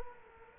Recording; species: mosquito wingbeat signal from an infrared sensor; Culex quinquefasciatus